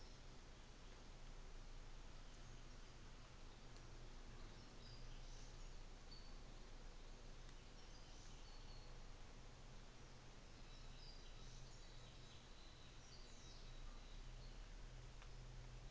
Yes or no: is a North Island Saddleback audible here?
no